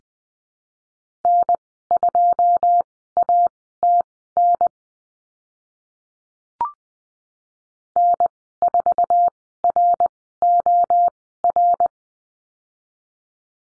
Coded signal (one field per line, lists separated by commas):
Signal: Morse code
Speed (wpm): 20 wpm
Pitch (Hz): 700 Hz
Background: none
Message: N2ATN N4ROR